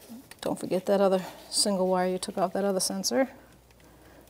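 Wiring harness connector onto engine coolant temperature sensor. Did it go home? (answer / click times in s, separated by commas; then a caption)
yes / 0.3 s. A plastic wiring harness connector is pushed onto a new engine coolant temperature sensor on a 1994–1997 Honda Accord 2.2L L4 and clicks into place at 0.3 s. Someone talks over most of the clip, and faint small sounds follow near the end. The connector is seated.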